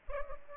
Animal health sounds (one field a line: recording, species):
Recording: mosquito wingbeat signal from an infrared sensor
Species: Culex pipiens